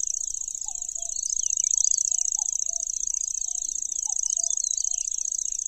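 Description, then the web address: Lanceolated warbler reeling song, a fast high buzzing trill, with faint bird chirps and soft low repeated notes. "makinosennyu"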